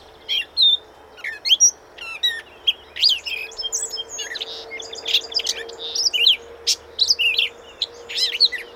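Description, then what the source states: Gray Catbird song: a continuous, hurried medley of varied squeaks, chips and slurred whistles with little pause, over a faint low hum. Recorded at Carden Alvar, Ontario, in August 2026.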